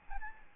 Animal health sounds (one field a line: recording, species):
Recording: mosquito wingbeat signal from an infrared sensor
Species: Aedes albopictus